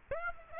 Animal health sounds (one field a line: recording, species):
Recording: mosquito wingbeat signal from an infrared sensor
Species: Aedes aegypti